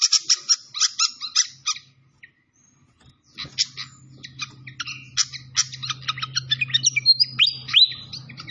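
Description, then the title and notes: Malaysian pied fantail song: a rapid series of sharp chirps, a short silence, then resumed chirping and rising whistles over a low hum. Masteran (training recording) of clear-voiced fantail song. "Masteran Sikatan Kipas Suara Jernih Dan Suara Gemericik Air. Suara Burung Sikatan Londo"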